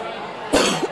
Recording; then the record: coughing mixed with background sound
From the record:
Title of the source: 60 coughing still (deep and wet cough)